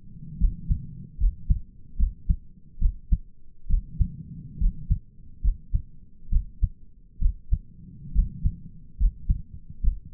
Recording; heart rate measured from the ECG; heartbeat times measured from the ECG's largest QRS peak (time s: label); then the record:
heart sounds by stethoscope; 70 bpm
0.39 s: heartbeat
1.19 s: heartbeat
1.98 s: heartbeat
2.80 s: heartbeat
3.69 s: heartbeat
4.60 s: heartbeat
5.43 s: heartbeat
6.31 s: heartbeat
7.21 s: heartbeat
8.14 s: heartbeat
8.99 s: heartbeat
9.83 s: heartbeat
From the record:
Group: healthy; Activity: rest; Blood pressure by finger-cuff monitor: 76/53 mmHg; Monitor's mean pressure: 62 mmHg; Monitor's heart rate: 68 bpm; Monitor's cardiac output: 5.8 L/min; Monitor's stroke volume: 80 mL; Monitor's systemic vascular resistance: 760 dyn s/cm5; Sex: male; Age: 22 years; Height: 181 cm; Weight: 79 kg